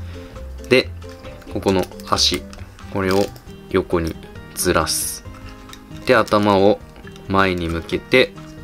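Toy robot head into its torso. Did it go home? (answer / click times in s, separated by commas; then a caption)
no / none. Someone talks over background music while handling a plastic toy robot during its transformation, moving the ends of its legs to one side and turning its head forward toward its torso. The head has not yet seated or clicked into place when the clip ends.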